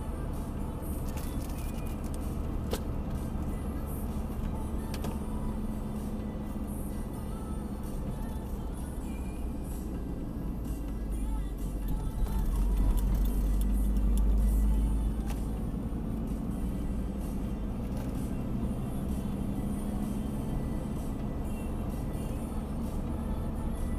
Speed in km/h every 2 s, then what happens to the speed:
56, 55, 53, 50, 42, 35, 38, 42, 47, 52, 55, 54.
0-10 slows to 35. 10-19 speeds up to 55.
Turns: none.